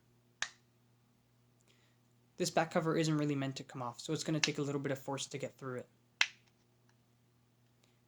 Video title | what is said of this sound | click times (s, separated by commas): LG Nexus 5x Teardown - Disassembly & Assembly (LG-H790) | twist the guitar pick until you hear the clip snap | 0.4 s